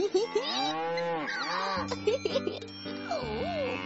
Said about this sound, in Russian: И скоро наткнулся у опушки леса на стадо божественно красивых коров.